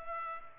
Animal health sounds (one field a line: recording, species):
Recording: mosquito wingbeat signal from an infrared sensor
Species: Culex pipiens